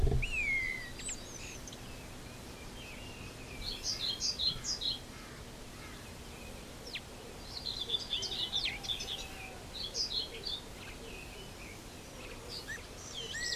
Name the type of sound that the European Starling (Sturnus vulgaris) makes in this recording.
song